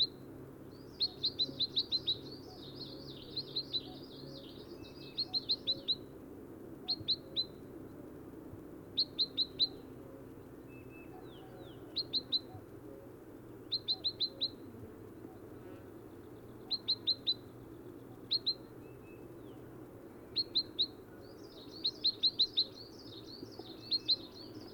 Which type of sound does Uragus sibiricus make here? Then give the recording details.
call. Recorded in the wild. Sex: male. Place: Dzhalmyn, MN. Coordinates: 48.166, 107.736. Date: 1979-06-10. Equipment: Nagra III BH, Sennheiser MD 21, parabola. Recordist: Schubert, Michael